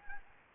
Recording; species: mosquito wingbeat signal from an infrared sensor; Anopheles gambiae